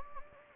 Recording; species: mosquito wingbeat signal from an infrared sensor; Anopheles gambiae